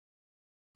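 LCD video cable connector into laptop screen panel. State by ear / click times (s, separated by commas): not seated / none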